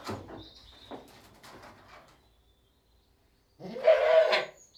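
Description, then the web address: Goat bleating: a single loud, nasal bleat near the end, after quieter noises. One British Saanen goat bleating. "BBC Sound Effects Library. One British Saanen Goat Bleating"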